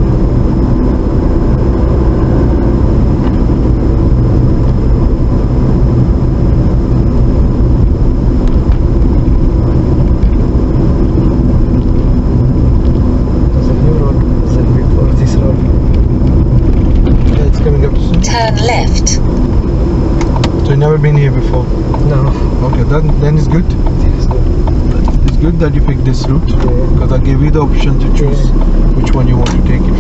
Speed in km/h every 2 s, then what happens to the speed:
45, 45, 40, 39, 40, 39, 39, 45, 39, 34, 31, 24, 21, 26, 31.
0-5 slows to 39. 5-16 steady at about 39. 16-23 slows to 21. 25-30 speeds up to 31.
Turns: 22-27.